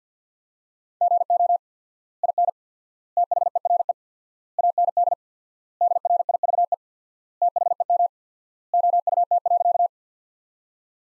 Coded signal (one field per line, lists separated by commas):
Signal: Morse code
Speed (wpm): 50 wpm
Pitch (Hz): 700 Hz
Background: none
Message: GO IN THERE AND DRIVE THEM OUT.